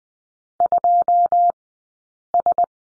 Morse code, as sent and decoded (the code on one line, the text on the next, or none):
..--- ...
2S